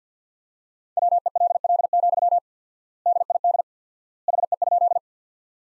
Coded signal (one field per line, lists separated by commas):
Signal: Morse code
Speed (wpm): 50 wpm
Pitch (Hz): 700 Hz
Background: none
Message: WELL, DID HE?